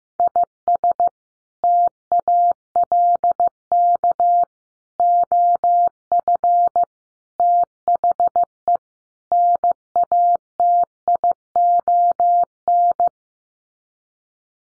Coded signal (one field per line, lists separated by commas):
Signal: Morse code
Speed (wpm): 15 wpm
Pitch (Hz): 700 Hz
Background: none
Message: IS TALK OF THE NATION